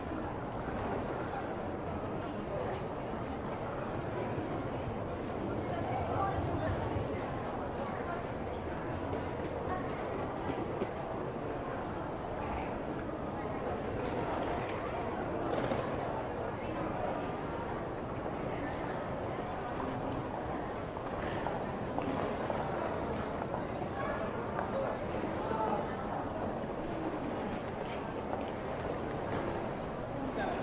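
A busy station hums with many overlapping voices, a dense, steady murmur of people talking throughout. A low rumble underneath swells around the fifth to eighth seconds, and brief bright clanks or hisses break through near 15, 21 and 26 seconds.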